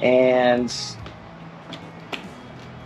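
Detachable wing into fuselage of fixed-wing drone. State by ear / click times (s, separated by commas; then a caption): seated / 2.1 s. Someone talks as the second foam wing of an AgEagle eBee TAC fixed-wing mapping drone is lined up on the body tabs and pushed home into the fuselage. A sharp click sounds at 2.1 s as the detachable wing seats onto the body.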